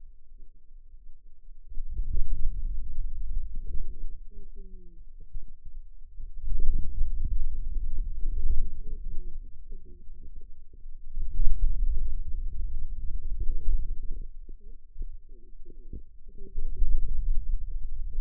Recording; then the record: forearm muscle sounds (acoustic myography)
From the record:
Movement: hand closing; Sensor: system 2, bracelet of six BSWA MPA416 microphones around the upper forearm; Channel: 6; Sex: female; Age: 21 years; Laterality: right